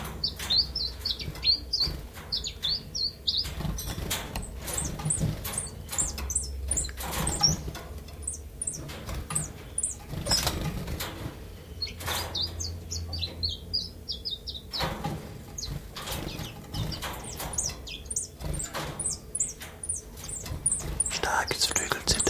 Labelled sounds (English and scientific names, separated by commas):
Common Chiffchaff (Phylloscopus collybita)